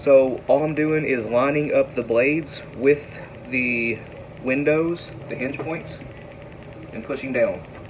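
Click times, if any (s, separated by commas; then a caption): none. A plastic shotgun wad sits in an adjustable wad slitter with the blades lined up on the wad windows at the hinge points, and the handle is being pushed down. Someone talks throughout over a steady low hum. Nothing has clicked or seated yet; the clip ends before the blades go through the hinge points.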